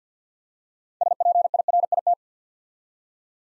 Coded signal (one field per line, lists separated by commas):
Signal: Morse code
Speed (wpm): 48 wpm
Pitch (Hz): 700 Hz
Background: none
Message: SPIRIT